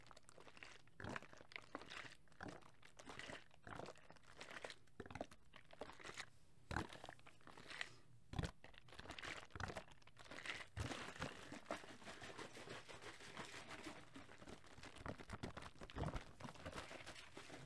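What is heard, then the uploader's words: Foamy liquid is shaken in a container, giving dense, wet crackling and fizzing. Sharp sloshing bursts come every second or so through the first ten seconds, then the sound settles into a busier, steadier froth of fine bubbling. ASMR Liquid Shaking Heaven. Foamy liquid sounds.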